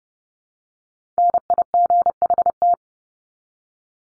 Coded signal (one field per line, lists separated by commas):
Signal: Morse code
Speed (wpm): 30 wpm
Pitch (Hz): 700 Hz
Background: none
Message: NIGHT